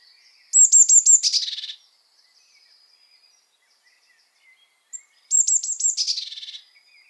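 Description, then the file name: Eurasian blue tit calls, two bursts: quick high thin notes running into a buzzy scolding churr, with a silent gap between them. "Cyanistes caeruleus"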